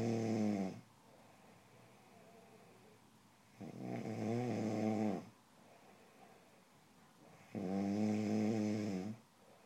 Snoring.